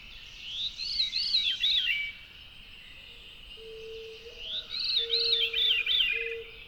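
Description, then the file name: Veery song: two breathy, wavering phrases that spiral downward, each lasting over a second, with faint steady low tones humming between them. "very veery"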